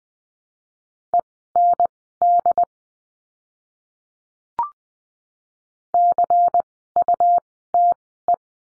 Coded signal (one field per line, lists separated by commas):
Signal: Morse code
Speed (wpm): 20 wpm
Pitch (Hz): 700 Hz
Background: none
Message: END CUTE